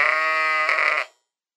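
Sheep bleating: one loud, rich baa lasting about a second, steady at first then wavering before it cuts off, followed by silence.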